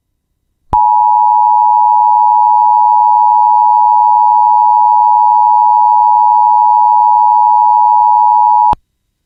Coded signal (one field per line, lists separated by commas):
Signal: Emergency Alert System (SAME) tones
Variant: 853 and 960 Hz attention tone